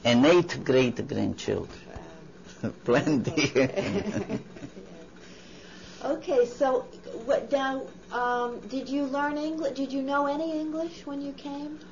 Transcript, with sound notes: And eight great-grandchildren. Plenty. ( they laugh )
Okay, so, now, did you learn English, did you know any English when you came?